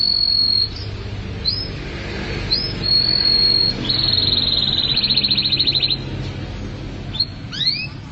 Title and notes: Suara Burung Kenari